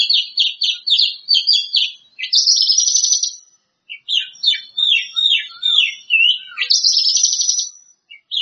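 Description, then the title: Greater green leafbird song: chattering clipped notes giving way to a long, high buzzy trill, with a short pause midway before more varied whistles and another buzzy trill. "Kicau Cucak Ijo"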